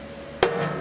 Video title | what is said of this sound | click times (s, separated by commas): Kearney & Trecker Model 2H Horizontal Mill Rapid Traverse Clutch Repair | see I heard it click let's see if it snapped in | 0.4 s